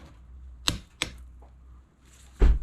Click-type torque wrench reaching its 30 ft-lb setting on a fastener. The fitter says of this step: 30 you had felt you heard the click i hope you heard that on camera but then you also felt it